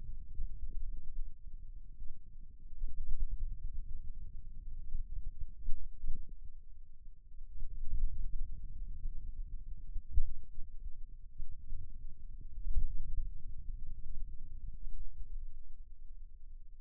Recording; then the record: forearm muscle sounds (acoustic myography)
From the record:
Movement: pen grasping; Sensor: system 2, bracelet of six BSWA MPA416 microphones around the upper forearm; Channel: 2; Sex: male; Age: 22 years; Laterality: right